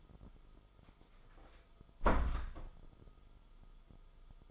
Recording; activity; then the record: daily activity, microphone in the room; close door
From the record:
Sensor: 5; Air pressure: 1005.1 hPa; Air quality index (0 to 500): 88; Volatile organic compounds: 2 ppm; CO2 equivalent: 1060 ppm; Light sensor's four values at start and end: 35/81/32/31 and 35/81/33/31